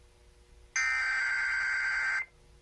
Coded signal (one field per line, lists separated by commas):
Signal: Emergency Alert System (SAME) tones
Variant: header bursts